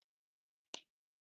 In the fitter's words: ooh, nice click whenever it closes. I like that.